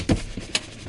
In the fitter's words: make sure it's not going see listen you hear that click